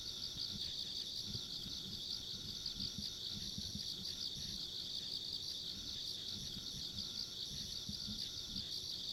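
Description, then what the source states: Constant high-pitched insect chorus, a dense ringing trill without pause, with soft low-frequency rumble underneath. Insects along a rural country road, ambient sound.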